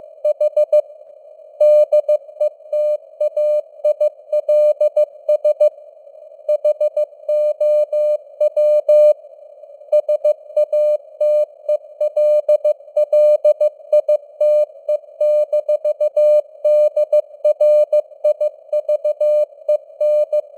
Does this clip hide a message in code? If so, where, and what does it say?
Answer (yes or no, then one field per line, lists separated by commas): yes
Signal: Morse code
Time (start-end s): 0.3-20.4 s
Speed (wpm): 15 wpm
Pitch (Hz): 600 Hz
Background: none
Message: H DETAILS HOW SATELLITE-DRIVEN